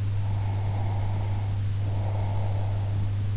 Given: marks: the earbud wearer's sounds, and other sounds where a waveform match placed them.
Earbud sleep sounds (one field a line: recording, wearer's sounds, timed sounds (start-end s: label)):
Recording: sounds in sleep by an in-ear microphone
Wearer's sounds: breath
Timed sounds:
0.23-3.08 s: breath